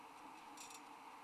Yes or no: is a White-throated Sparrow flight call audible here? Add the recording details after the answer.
no. No flight call is heard. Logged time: 08:02 on 13 December 2014